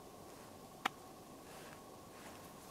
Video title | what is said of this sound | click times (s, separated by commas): MY MORA ELDRIS | when you put it in the thermoplastic sheath you have to hear this click I'll | 0.9 s